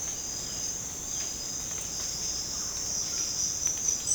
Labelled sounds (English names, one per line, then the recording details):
none
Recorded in secondary vegetation near Puerto Asís, Putumayo, Colombia, on 21 March 2025 at 16:30
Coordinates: 0.485, -76.322
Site G040